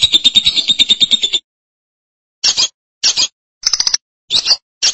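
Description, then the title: Lovebird calls: a rapid buzzy trill of shrill chirps for over a second, a silent pause, then five short sharp chattering bursts. "BM Suara Burung Lovebird"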